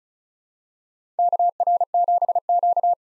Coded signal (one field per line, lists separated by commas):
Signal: Morse code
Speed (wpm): 36 wpm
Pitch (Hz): 700 Hz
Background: none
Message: KR7Q